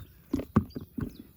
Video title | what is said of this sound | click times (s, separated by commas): Як надути САП дошку? комплектуючі, етапи сплавляння #sup | і зафіксувалося надіюсь | 0.6 s